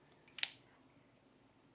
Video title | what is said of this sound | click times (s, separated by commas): How to use your Canon AL-1: a great camera with a bad battery door. | to the right until it clicks. | 0.4 s